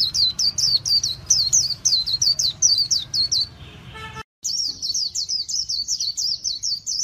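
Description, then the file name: White-eye song: continuous high, rapid down-slurred chirping over a low hum, broken by a brief tonal buzz and a short dropout, then fast twittering resumes. "tieng khuyen liu"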